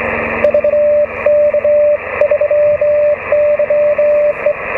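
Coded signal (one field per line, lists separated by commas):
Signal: Morse code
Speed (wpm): 23 wpm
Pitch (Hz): 590 Hz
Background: radio noise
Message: VK3YE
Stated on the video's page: Night transmitting test on 80 and 160 metres with a coax cable magnetic loop antenna.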